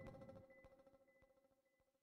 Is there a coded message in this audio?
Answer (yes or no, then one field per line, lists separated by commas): no